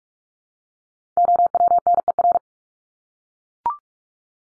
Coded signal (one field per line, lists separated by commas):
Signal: Morse code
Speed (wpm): 44 wpm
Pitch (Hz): 700 Hz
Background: none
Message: OWNER